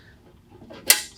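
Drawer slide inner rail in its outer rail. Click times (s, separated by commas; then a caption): 0.9 s. The inner rail of a metal ball-bearing drawer slide is pulled out of its outer rail while the drawers of a drill press table are being fitted, releasing with a single sharp, bright click at 0.9 s. Quiet low rustling and handling come before it, and the click rings down over roughly 0.2 s.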